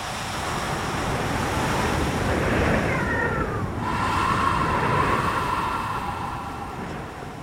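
Ocean waves wash up a beach in a continuous hissing roar, swelling twice as the surf surges in and drawing back between. No voices are heard.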